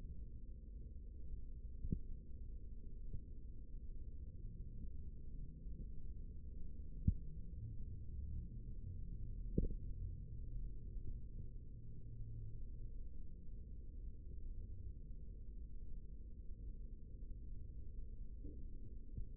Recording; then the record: forearm muscle sounds (acoustic myography)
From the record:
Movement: rest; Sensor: system 3, bracelet of six PUI Audio POM-2738L microphones around the upper forearm, with dedicated amplification and filtering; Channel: 1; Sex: male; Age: 55 years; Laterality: right